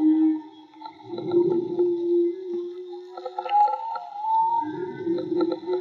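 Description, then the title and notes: Whale moans: a steady low tone broken by rough, buzzy pulses, then a higher rising note and a final grating phrase. Whale song, recorded in the field with DIY hydrophones. "CANTO DE BALLENAS MAGMA. Grabación de campo y construcción dehidrofonos DIY: Jorge Barco. Limpieza de audio: Santiago Minotas"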